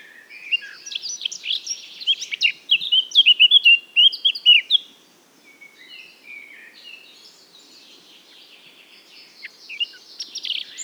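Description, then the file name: Eurasian blackcap song: a fast, loud burst of fluty, whistled notes, then a quieter stretch of soft scratchy warbling. "Sylvia atricapilla"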